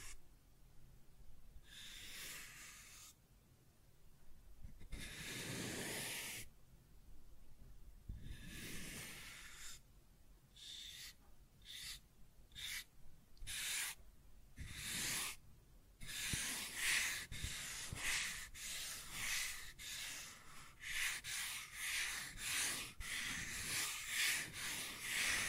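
Scratching and tracing strokes with a hissy, rubbing texture. A few long, separate strokes come in the first ten seconds, then the strokes turn short and quick, crowding together after about sixteen seconds into a nearly continuous run of rapid scratches until the end.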